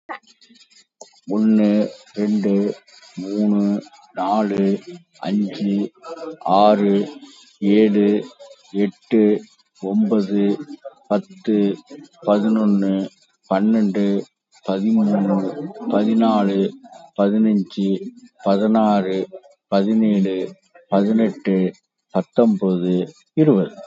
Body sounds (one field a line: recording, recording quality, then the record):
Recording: counting at a normal pace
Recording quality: excellent, no background noise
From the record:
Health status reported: COVID-19 positive, mild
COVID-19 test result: positive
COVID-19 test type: RT-PCR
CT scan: taken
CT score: 10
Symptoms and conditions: sore throat, hypertension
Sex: male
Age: 56 years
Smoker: no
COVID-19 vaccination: one dose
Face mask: worn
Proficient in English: yes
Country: India